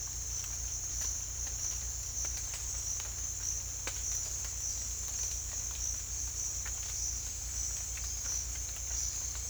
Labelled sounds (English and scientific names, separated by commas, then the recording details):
none
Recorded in dense forest near Puerto Asís, Putumayo, Colombia, on 18 December 2024 at 07:30
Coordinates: 0.486, -76.317
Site G003